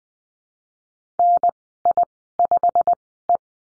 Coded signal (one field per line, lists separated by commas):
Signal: Morse code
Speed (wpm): 20 wpm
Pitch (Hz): 700 Hz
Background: none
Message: NI5E